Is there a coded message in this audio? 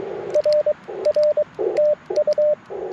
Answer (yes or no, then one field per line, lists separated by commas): yes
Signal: Morse code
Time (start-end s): 0.3-2.5 s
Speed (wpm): 18 wpm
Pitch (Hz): 600 Hz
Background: radio noise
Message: R R TU